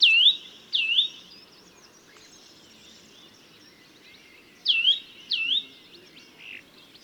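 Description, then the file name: Eurasian nuthatch calls: loud whistled notes that drop sharply then level or curl upward, given in pairs, with a short gap and another pair later. "Sitta europaea"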